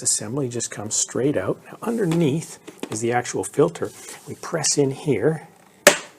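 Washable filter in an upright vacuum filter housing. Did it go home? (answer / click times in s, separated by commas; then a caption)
released / 5.9 s. Someone talks while pressing the plastic release on the filter housing of a Shark Vertex upright vacuum. A small, sharp click sounds at 5.9 s as the latch opens, and the washable, rinseable filter comes out, released.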